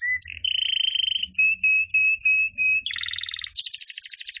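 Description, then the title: Canary song of steady whistled tones broken by sharp high chirps, then buzzy rapid trills; a faint low rumble sits underneath. Song described as 'gacor', a local term for a bird singing energetically and continuously. "Kenari Gacor"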